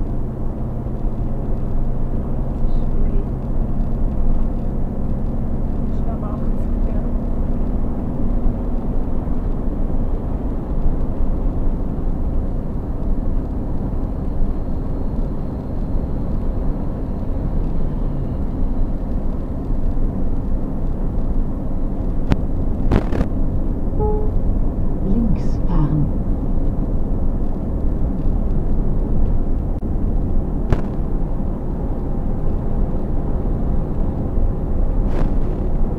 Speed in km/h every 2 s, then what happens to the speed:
75, 77, 79, 81, 83, 83, 83, 83, 83, 83, 85, 85, 85, 85, 87, 87, 87, 87.
0-8 speeds up to 83. 8-36 steady at about 85.